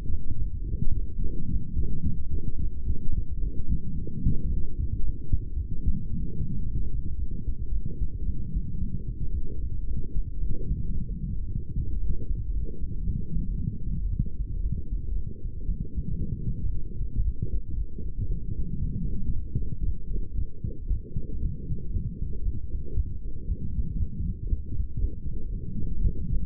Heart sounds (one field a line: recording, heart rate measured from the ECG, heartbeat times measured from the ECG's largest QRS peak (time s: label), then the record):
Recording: heart sounds by stethoscope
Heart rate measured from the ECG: 113 bpm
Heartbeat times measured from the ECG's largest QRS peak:
0.11 s: heartbeat
0.67 s: heartbeat
1.23 s: heartbeat
1.78 s: heartbeat
2.32 s: heartbeat
2.86 s: heartbeat
3.41 s: heartbeat
3.95 s: heartbeat
4.49 s: heartbeat
5.02 s: heartbeat
5.56 s: heartbeat
6.10 s: heartbeat
6.64 s: heartbeat
7.17 s: heartbeat
7.71 s: heartbeat
8.25 s: heartbeat
8.79 s: heartbeat
9.33 s: heartbeat
9.86 s: heartbeat
10.40 s: heartbeat
10.94 s: heartbeat
11.47 s: heartbeat
12.00 s: heartbeat
12.53 s: heartbeat
13.06 s: heartbeat
13.58 s: heartbeat
14.10 s: heartbeat
14.62 s: heartbeat
15.15 s: heartbeat
15.67 s: heartbeat
16.20 s: heartbeat
16.72 s: heartbeat
17.24 s: heartbeat
17.76 s: heartbeat
18.29 s: heartbeat
18.81 s: heartbeat
19.33 s: heartbeat
19.85 s: heartbeat
20.37 s: heartbeat
20.89 s: heartbeat
21.41 s: heartbeat
21.93 s: heartbeat
22.45 s: heartbeat
22.96 s: heartbeat
23.48 s: heartbeat
23.99 s: heartbeat
24.50 s: heartbeat
25.01 s: heartbeat
25.53 s: heartbeat
26.03 s: heartbeat
From the record:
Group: healthy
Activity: light exercise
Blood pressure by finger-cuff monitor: 131/81 mmHg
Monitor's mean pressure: 96 mmHg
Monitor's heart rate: 113 bpm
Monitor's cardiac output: 9 L/min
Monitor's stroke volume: 80 mL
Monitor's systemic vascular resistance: 780 dyn s/cm5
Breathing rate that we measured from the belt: 27 breaths a minute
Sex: female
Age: 22 years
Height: 163 cm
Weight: 67.1 kg